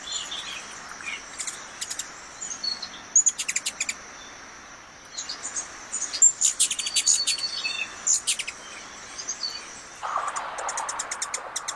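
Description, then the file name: Ruby-throated hummingbird producing repeated bursts of rapid, high chips, denser in the middle, with a steady high hiss and a rustling noise late on. "Canto do beija flor da garganta vermelha"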